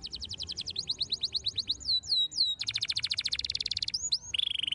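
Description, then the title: Canary singing a quick run of sweeping notes, then slower swooping whistles, a dense rapid trill and a final falling note. Belgian canary song played to make young canaries active and singing. "Canto Para Esquentar Canário Belga. RANGSANGAN SUARA BURUNG KENARI GACOR - BIKIN KENARI MUDA JADI AKTIF BUNYI DAN BERKICAU"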